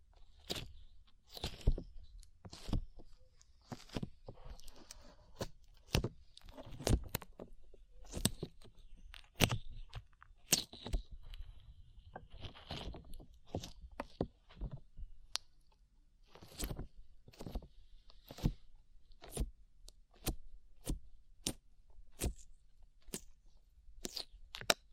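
Slime being squished and pulled, with sharp sticky pops and crackles that come every half second or so. The snaps are crisp and bright over a quiet low rumble, clustered more densely in the first half and spaced more evenly after fifteen seconds.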